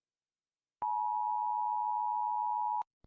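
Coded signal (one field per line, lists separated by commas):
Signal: Emergency Alert System (SAME) tones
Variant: 853 and 960 Hz attention tone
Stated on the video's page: Animated EAS alarms.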